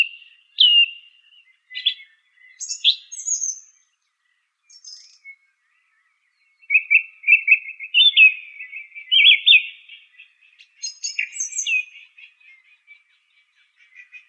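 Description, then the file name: Song thrush song in separate bursts of clear whistles and high scratchy notes, broken by short pauses, then a longer warbled passage. "suara-kicauan-burung-song-thrush omkicau"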